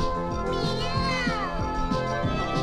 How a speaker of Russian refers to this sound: Мяу. Жалко кота.